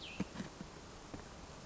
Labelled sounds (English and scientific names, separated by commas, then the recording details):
Cassin's Vireo (Vireo cassinii)
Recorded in Sonoma County, California